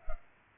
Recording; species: mosquito wingbeat signal from an infrared sensor; Culex pipiens